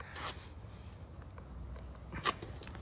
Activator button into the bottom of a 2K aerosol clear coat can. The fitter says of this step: It takes a little something to do it, and now it's clicked.